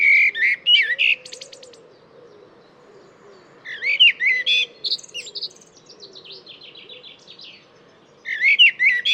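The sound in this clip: Bird song of jumbled chirps and rapid trills, delivered in three bursts separated by quieter stretches of soft twittering.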